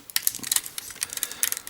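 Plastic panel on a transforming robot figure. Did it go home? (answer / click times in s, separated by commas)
yes / 0.2 s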